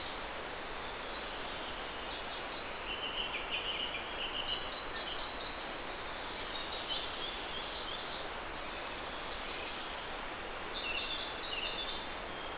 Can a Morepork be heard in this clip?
no